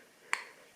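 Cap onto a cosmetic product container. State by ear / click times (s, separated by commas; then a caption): seated / 0.3 s. The cap of a newly opened cosmetic product container is pressed closed, giving a single sharp snap at 0.3 s that quickly fades. The cap clips shut and is seated.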